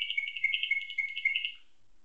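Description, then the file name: Atlantic canary singing a rapid, rolling trill of bright repeated notes that holds steady, then stops abruptly. Canary singing nightingale-style song (isian nightingale), learned through tutoring with nightingale song. "suara kenari isian nightingale"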